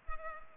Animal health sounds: mosquito wingbeat signal from an infrared sensor; Culex pipiens

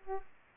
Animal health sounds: mosquito wingbeat signal from an infrared sensor; Aedes aegypti

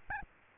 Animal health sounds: mosquito wingbeat signal from an infrared sensor; Aedes albopictus

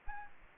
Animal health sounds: mosquito wingbeat signal from an infrared sensor; Aedes aegypti

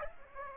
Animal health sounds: mosquito wingbeat signal from an infrared sensor; Aedes aegypti

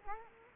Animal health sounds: mosquito wingbeat signal from an infrared sensor; Culex quinquefasciatus

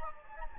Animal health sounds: mosquito wingbeat signal from an infrared sensor; Anopheles gambiae

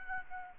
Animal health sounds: mosquito wingbeat signal from an infrared sensor; Aedes albopictus

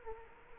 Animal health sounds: mosquito wingbeat signal from an infrared sensor; Culex quinquefasciatus

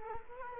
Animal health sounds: mosquito wingbeat signal from an infrared sensor; Culex quinquefasciatus

